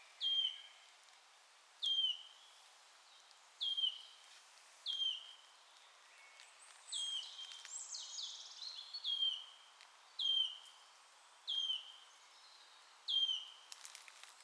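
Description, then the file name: Wood warbler repeating a single falling whistle roughly every one and a half seconds, with a burst of higher twittering from another bird partway through. "sisego fuzike hangja"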